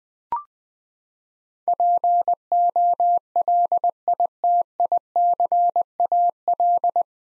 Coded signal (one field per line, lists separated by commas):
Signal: Morse code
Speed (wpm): 20 wpm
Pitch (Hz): 700 Hz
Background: none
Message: POLITICAL